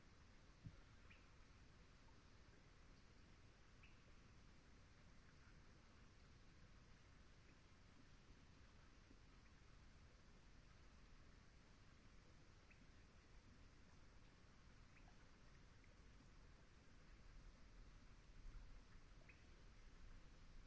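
A swamp at dusk, with a steady low hiss and rumble that never lets up. Faint, short chirps break through every few seconds, likely from birds or frogs. Near the end there is a slight soft bump.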